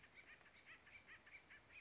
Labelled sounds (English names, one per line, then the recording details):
Acorn Woodpecker
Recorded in Sonoma County, California